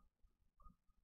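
The pinch roller for needle 1 is brought in from underneath and rotated toward its place on an embroidery machine's thread feed assembly during feed roller maintenance. Only quiet, low handling rumbles and a faint steady tone are heard, with a slightly louder bump around 0.6–0.7 seconds. Nothing has seated or clicked yet.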